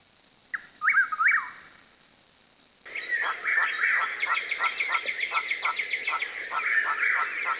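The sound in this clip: Bird song with a brief warbled phrase, then after a pause a busy, rapid chatter of repeated clicking and chirping notes continuing steadily.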